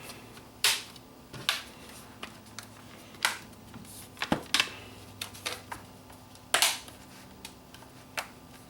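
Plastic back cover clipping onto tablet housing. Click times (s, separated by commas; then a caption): 1.5 s, 3.2 s, 4.5 s, 6.5 s. The plastic back cover of a 10-inch Acer tablet is pressed back onto the housing after a power-switch repair, and its edge clips snap in one after another. Sharp, loud clicks land at about 1.5, 3.3, 4.5 and 6.5 seconds, with softer ticks and taps in between. The cover ends up seated in place.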